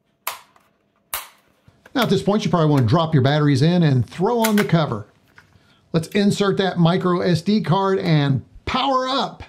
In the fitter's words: this is pretty easy you just simply find the little connectors and snap it into place and then fold it up until you hear a click